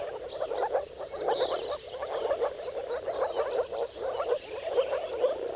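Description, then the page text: Moor frogs massed in a steady chorus of soft, overlapping bubbling croaks, with faint bird calls over them. Moor frogs in a mating chorus at sunrise at the turn of March and April, timing depending on the weather. "Dawn’s Chorus: Mating Calls of Marsh Frogs at Sunrise. Depending on the weather at the turn of March and April, you can witness an amazing spectacle of moor frogs. Jakub Orzecki. earth.fm"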